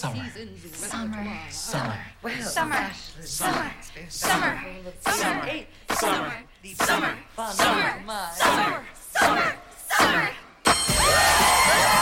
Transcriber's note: in character, in unison